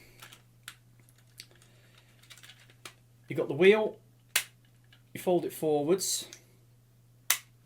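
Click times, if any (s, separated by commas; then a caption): 7.3 s. Someone talks while folding a wheel section of a 2024 Tobot W plastic transforming robot toy forwards, with light plastic ticks and handling sounds. At 7.3 s the folding section latch gives a single sharp click that releases the door panels.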